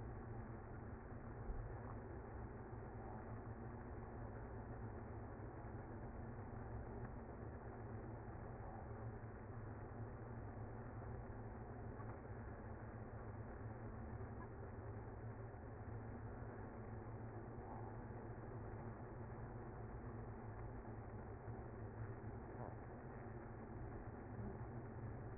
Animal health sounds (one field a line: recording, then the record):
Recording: honeybee colony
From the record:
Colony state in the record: active